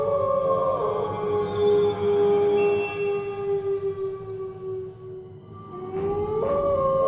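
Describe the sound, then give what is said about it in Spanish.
Beasts howling on a hillside at night under a full moon, in long, drawn-out, overlapping wails that hold a steady mid pitch and slowly waver, with a fresh rising cry near the end over a low rumbling background. “Los aullidos de las bestias se multiplicaron, pero tras unos segundos, todo quedó en calma.”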